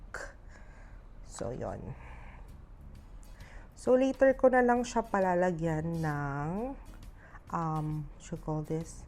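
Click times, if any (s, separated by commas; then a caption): 0.1 s. A watch band's end is slid into the slot on an Apple Watch Series 6 44mm case and clicks home with one sharp, loud click at 0.1 s, seating the band. Afterward someone talks.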